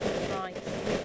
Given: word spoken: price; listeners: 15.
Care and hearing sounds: one English word in noise, from a listening test; noise modulated by three-talker babble; -5.3 dB; 2 of 15; 6 of 15; 0.65 s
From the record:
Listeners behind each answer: 6, 2, 1, 1, 1, 1, 1, 1, 1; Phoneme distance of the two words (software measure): 17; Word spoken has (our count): 1 syllable, 4 phonemes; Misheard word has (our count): 1 syllable, 3 phonemes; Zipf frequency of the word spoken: 5.28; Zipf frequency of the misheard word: 4.89

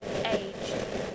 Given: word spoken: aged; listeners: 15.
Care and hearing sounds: one English word in noise, from a listening test; noise modulated by three-talker babble; -3.3 dB; 0 of 15; 14 of 15; 0.76 s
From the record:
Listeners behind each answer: 14, 1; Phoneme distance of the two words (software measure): 7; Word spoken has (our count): 1 syllable, 3 phonemes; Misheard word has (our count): 1 syllable, 2 phonemes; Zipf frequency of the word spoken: 4.30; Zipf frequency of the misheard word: 5.18

